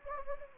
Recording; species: mosquito wingbeat signal from an infrared sensor; Anopheles gambiae